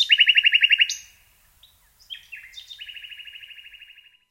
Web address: SETE data Luscinia megarhynchos